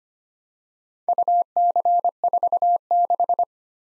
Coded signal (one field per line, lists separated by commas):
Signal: Morse code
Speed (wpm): 25 wpm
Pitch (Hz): 700 Hz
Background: none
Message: UC46